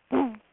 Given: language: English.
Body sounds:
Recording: throat vibration sensor signal played as sound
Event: throat clearing

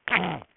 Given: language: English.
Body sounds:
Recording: throat vibration sensor signal played as sound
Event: throat clearing

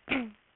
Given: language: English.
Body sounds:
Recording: throat vibration sensor signal played as sound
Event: throat clearing

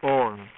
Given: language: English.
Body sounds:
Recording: throat vibration sensor signal played as sound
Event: speech

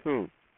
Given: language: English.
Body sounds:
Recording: throat vibration sensor signal played as sound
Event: speech

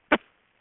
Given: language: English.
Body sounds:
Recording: throat vibration sensor signal played as sound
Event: cough

